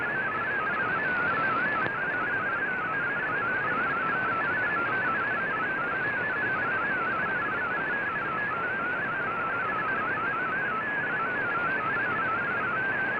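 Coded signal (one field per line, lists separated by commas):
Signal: multi-tone FSK (Olivia or MFSK type)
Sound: fast warbling single tone hopping among pitches around 1.5 kHz, steady over hiss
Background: shortwave radio static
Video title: Voice Of America VOA Radiogram Mar 19 2017 on 11580Khz Shortwave Radio in MFSK16,32 with SSTV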